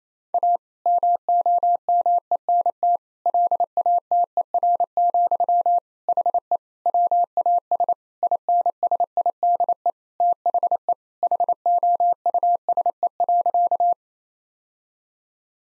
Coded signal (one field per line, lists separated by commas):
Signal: Morse code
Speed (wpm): 28 wpm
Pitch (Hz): 700 Hz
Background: none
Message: A MOMENT LATER, HE WAS INSIDE THE HOUSE.